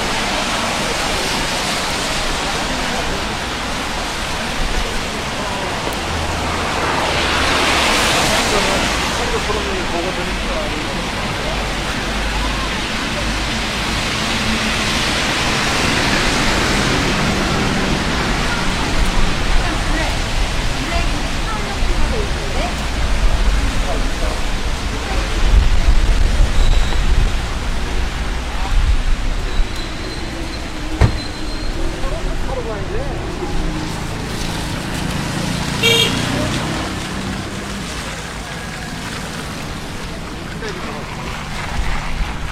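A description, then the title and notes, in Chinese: Walking through rain on a city street at night, with a steady, dense hiss of rain and a low rumble underneath. Vehicles swell past around 8 and 15 seconds, faint voices drift in, and a sharp click lands near 31 seconds. 晚上在城市街头的雨中行走。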